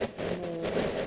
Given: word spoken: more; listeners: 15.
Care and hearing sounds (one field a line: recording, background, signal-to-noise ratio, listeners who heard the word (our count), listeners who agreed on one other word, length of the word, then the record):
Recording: one English word in noise, from a listening test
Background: noise modulated by three-talker babble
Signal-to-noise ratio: -6.1 dB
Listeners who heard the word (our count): 1 of 15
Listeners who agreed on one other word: 8 of 15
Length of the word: 0.67 s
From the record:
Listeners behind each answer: 8, 4, 2, 1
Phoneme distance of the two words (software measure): 17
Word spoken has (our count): 1 syllable, 2 phonemes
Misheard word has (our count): 1 syllable, 3 phonemes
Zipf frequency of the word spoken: 6.32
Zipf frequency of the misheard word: 4.92